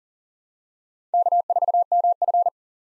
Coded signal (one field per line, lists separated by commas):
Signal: Morse code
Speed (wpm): 40 wpm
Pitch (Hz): 700 Hz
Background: none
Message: K4MF